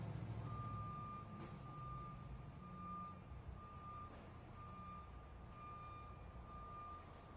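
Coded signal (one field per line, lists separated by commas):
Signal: alarm pattern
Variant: truck back-up alarm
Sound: steady high beeps repeating about once per second over a rumbling diesel engine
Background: truck engine idling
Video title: 현장음, Spot Sound, Truck Beeping, 3분 53초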